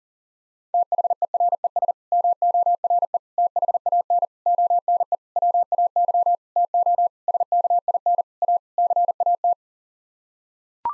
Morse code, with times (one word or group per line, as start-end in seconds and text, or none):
0.7-1.9 THERES
2.1-3.2 MORE
3.4-4.3 THAN
4.5-5.2 ONE
5.4-6.4 WAY
6.6-7.1 TO
7.3-8.2 SKIN
8.4-8.6 A
8.8-9.5 CAT